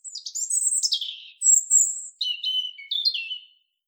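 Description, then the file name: European robin pouring out a continuous, varied phrase of high sweeping whistles, thin sustained notes and quick falling slurs. "Erithacus rubecula"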